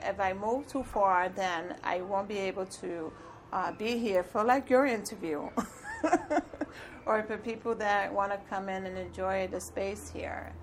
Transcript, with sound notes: if I move too far, then I won’t be able to be here, like for your interview [laughs] or if there’s people who want to come in and enjoy the space here.